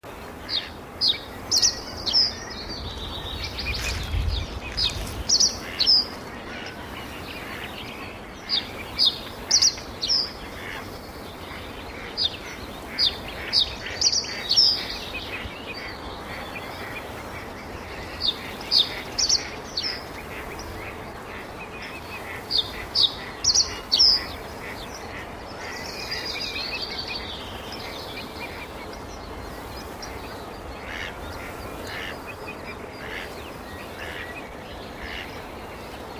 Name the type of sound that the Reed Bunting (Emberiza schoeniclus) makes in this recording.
song